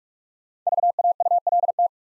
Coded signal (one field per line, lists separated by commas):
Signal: Morse code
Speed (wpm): 44 wpm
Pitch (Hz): 700 Hz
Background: none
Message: VAULT